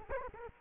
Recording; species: mosquito wingbeat signal from an infrared sensor; Culex quinquefasciatus